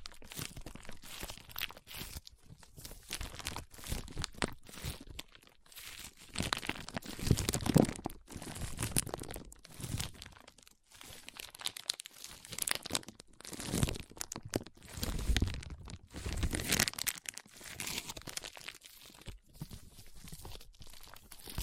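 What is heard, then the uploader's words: Foam being rubbed and squeezed in a brain massage, giving dense crinkling, crunching and tearing sounds in uneven bursts. The rustling swells and fades every second or two, with louder stretches around eight, fifteen and seventeen seconds, separated by brief quiet gaps. ASMR Powerful Foam Brain Massage.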